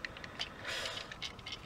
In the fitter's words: arrive à bien le maître c'est étrange qui n'arrive pas ce se clipser comme il faut aujourd'hui